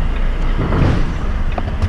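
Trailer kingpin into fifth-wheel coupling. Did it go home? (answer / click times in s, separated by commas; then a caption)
partly / 1.6 s. A tractor's fifth-wheel coupling takes a trailer kingpin on a first coupling attempt over a steady low engine rumble and wind-like noise. A short, sharp locking sound comes at 1.6 s. The coupling only partly locks: it has caught but is not yet fully locked.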